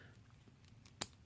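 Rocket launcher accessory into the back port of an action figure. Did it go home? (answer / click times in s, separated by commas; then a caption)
yes / 1.0 s. A plastic rocket launcher accessory is pushed onto the peg port on the back of an action figure. After faint handling ticks, it pops into place with a single sharp click at 1.0 s. The launcher is seated in the back port.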